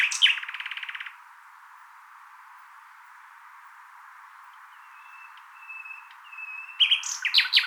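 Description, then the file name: Common nightingale song: a short rapid trill at the start, near silence with faint thin whistles, then a burst of sharp notes at the close. "Luscinia megarhynchos"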